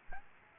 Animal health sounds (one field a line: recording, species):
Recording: mosquito wingbeat signal from an infrared sensor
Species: Aedes aegypti